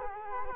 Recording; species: mosquito wingbeat signal from an infrared sensor; Culex quinquefasciatus